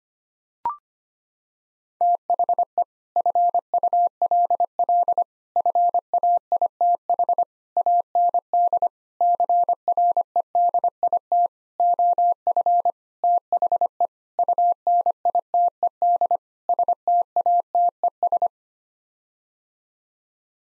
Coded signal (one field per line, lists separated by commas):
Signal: Morse code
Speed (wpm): 25 wpm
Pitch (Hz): 700 Hz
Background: none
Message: THE FULL FAITH AND CREDIT OF THE UNITED STATES